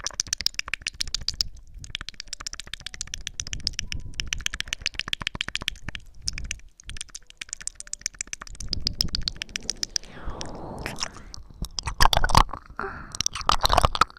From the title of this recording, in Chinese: 舔耳+口腔音